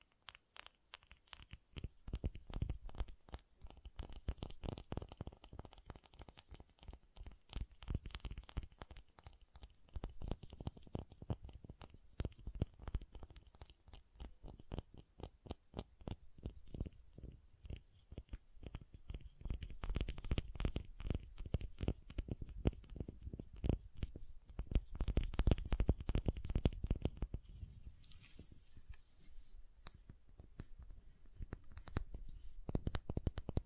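Soft and hard soap is tapped and carved in a dense, fast run of small clicks and scrapes that continues for the whole clip. The sounds are mostly low and dull, with a brief brighter scratch near 28 seconds and no other sounds behind them.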